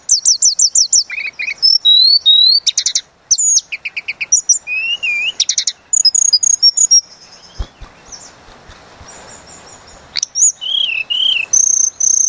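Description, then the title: Sunda robin song: rapid, varied high chirps, stuttering trills and slurred whistles in quick bursts, with short pauses and a few sharp clicks. Lure recording meant to excite birds and make them sing out their full repertoire of learned filler phrases. "Pancingan Tledekan Gunung Agar Emosi Bongkar Isian"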